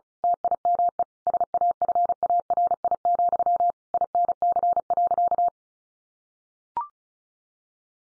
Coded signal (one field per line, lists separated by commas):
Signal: Morse code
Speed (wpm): 34 wpm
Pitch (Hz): 700 Hz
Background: none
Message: TIME SAFARI, INC.